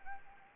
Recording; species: mosquito wingbeat signal from an infrared sensor; Anopheles arabiensis